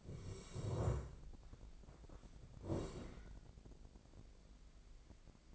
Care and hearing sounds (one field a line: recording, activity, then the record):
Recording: daily activity, microphone in the room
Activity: sit down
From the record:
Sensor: 5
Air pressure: 1012.4 hPa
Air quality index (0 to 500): 154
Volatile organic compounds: 2 ppm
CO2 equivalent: 1051 ppm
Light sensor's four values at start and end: 247/593/252/277 and 249/598/254/279